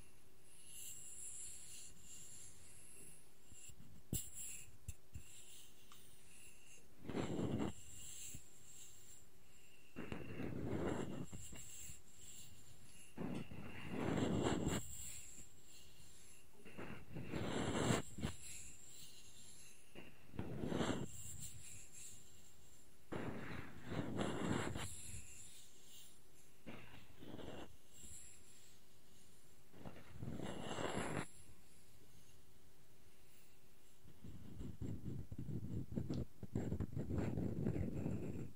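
Wooden objects are scratched and rubbed in short bursts every few seconds, with a few sharp taps early on and a steady faint hiss underneath.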